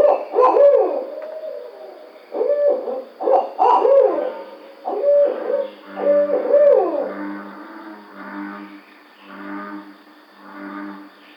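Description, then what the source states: Barred owl hoots in spaced bursts, loud rhythmic hooting with drawn-out notes, fading into softer, lower hoots toward the end. Recorded 2009-06-05.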